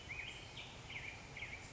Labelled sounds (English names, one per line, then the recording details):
Black-headed Grosbeak
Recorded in Sonoma County, California